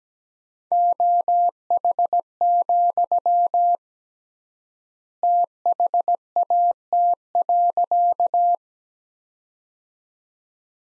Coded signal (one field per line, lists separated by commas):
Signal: Morse code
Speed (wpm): 17 wpm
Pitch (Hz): 700 Hz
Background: none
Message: OH, THAT.